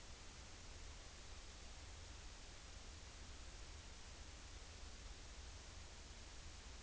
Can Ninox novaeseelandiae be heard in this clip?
no